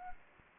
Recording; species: mosquito wingbeat signal from an infrared sensor; Anopheles arabiensis